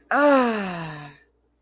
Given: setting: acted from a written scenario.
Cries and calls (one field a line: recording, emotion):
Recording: vocal sound without words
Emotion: pain